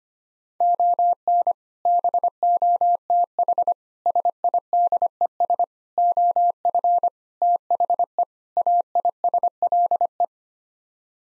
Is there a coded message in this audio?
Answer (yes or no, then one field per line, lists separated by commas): yes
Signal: Morse code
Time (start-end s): 0.6-10.2 s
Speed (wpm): 25 wpm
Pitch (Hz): 700 Hz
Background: none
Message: ON BOTH SIDES OF THE AISLE